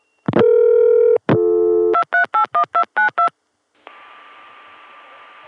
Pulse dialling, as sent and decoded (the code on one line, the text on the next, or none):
none